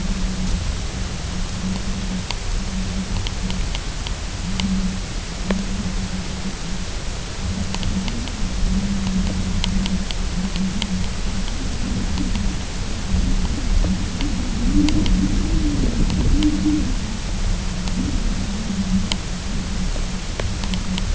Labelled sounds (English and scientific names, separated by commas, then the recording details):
none
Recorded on Arctic tundra, site UTQI-0, on 22 June 2018
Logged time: 18:00